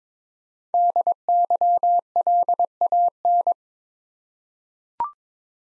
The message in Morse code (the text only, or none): DYLAN